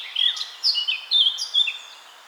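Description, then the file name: Eurasian blackcap: short, clear warbled phrases of fluty whistles in quick succession. "Sylvia atricapilla"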